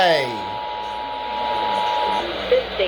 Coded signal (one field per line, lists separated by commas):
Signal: Emergency Alert System (SAME) tones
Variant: 853 and 960 Hz attention tone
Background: speech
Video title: ILLINOIS TEST PARTY - EAS Tests from 07/05/2022 (EAS #573-581)